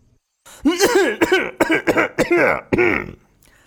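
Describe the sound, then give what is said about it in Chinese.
A man coughs in a quick run of about six loud, throaty, voiced bursts, each one rising and falling in pitch, then a final longer cough before it trails into silence. “探视望天，小四子眯眼，又瞄了一眼探视圆滚滚的肚皮，探视继续咳嗽。”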